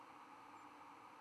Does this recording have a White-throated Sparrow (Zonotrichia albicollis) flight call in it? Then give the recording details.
no. Another species' flight call is heard. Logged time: 03:04 on 11 November 2014